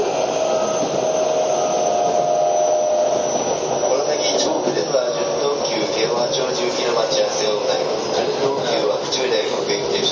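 A Keio 5000 series train runs with a steady, dense roar and hiss at an even level. A thin whine holds for the first three seconds, then fades. From about four seconds, a lower tone and light rattling clicks come through, with faint voices mixed in.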